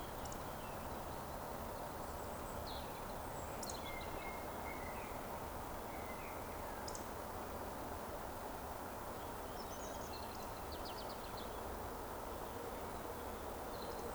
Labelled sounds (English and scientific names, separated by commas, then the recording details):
Eurasian Woodcock (Scolopax rusticola) whistle
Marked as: whistle, whistle, whistle, whistle, whistle
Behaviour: display flight
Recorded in Baden-Württemberg, Germany, on 11 June 2020 at 19:31 UTC
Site 14569, 102 m above sea level